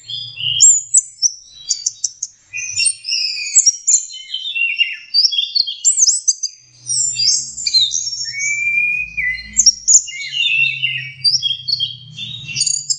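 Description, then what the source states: Orange-headed thrush delivering a lively medley of high chirps, buzzy trills and downslurred whistles, nearly continuous, with intermittent low droning in the background. Masteran (training) song of orange-headed thrush.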